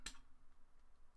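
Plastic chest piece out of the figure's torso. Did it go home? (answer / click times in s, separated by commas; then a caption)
released / 0.1 s. A plastic chest piece of a Transformers: The Last Knight Leader Class Megatron transforming robot figure is popped out of its mounting in the figure's torso. A single sharp click sounds at 0.1 s as it comes loose, followed by quiet low background noise. The chest piece is released.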